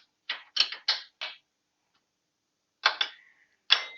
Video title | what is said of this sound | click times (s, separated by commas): How to replace Royal Enfield rear Shock Absorber / SUSPENSIONS - TUTORIAL | you get the click sound so I have | 3.7 s